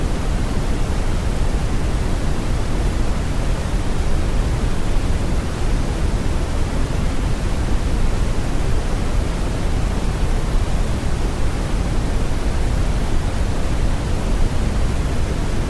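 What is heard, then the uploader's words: A steady white noise runs unbroken for the whole clip, a dense, even rush with no events or pauses. It weighs toward the low end, with a deep rumbling body under a softer hiss on top, and the level stays constant throughout. Calming Test Tone: White Noise. It creates a steady, consistent sound.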